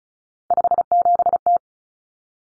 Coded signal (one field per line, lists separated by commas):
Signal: Morse code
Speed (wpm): 34 wpm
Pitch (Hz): 700 Hz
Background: none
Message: 57T